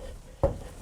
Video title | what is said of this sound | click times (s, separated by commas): How to wall mount your Ausclimate Panel Heater | and pressing our heater and making sure that it locks into place. | 0.4 s